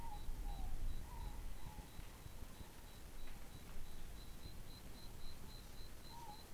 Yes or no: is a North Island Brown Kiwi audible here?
no